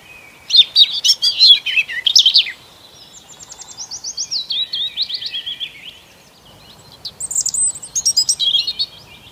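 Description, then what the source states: Bird song, a burst of quick high chirps followed by a descending run of rapid trilled notes and then another chirping phrase. Birds singing on an early spring morning.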